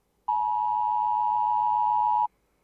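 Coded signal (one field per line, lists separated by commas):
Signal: Emergency Alert System (SAME) tones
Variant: 853 and 960 Hz attention tone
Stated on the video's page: Reaction to a fictional EAS scenario.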